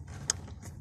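A wiring harness plug is pushed back onto the fuel pump connector under the rear seat, giving one sharp, loud mechanical click at 0.3 s over a low steady hum. The connector is seated, and then the locking tab is closed.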